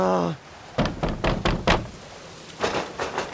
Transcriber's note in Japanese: ドンドン戸を叩く